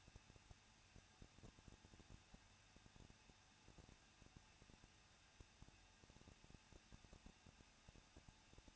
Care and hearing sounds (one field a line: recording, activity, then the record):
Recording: daily activity, microphone in the room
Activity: no activity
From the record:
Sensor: 2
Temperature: 21.0 degrees Celsius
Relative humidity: 37.3%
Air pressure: 1006.2 hPa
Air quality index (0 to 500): 221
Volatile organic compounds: 23 ppm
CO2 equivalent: 2791 ppm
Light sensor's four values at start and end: 2/3/2/2 and 2/3/2/2